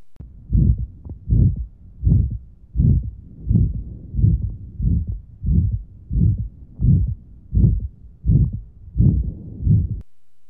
The harsh murmur of aortic valve stenosis recording from the right upper sternal border in an adolescent male.